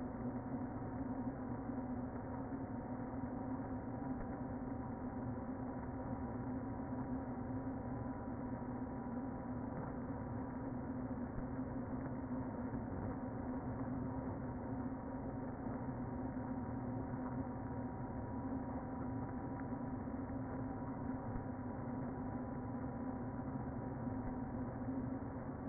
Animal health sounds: honeybee colony, microphone inside the hive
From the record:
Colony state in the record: queen present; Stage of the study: before two queens were removed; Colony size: about 60,000 bees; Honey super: yes

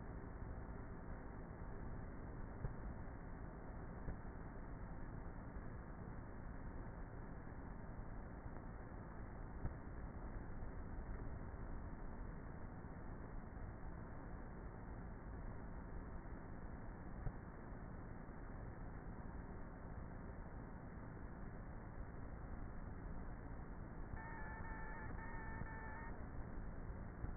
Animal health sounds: honeybee colony, microphone inside the hive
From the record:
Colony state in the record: queenless with a low population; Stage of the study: before two queens were removed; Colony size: about 30,000 bees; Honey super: no

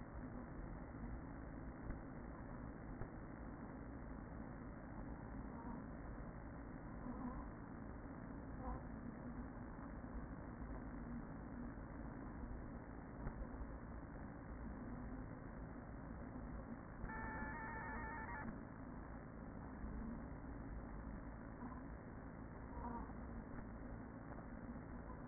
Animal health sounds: honeybee colony, microphone inside the hive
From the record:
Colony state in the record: queen present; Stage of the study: after two queens were removed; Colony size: about 40,000 bees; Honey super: no

